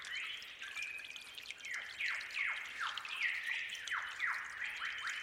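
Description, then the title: Bird song of clear downslurred whistles, each dropping quickly, repeated many times, with a long steady high note early and dripping water beneath. Forest birds singing at dawn with babbling, trickling water. "Suara Gemercik Air Dan Kicau Burung Hutan Di Saat Fajar"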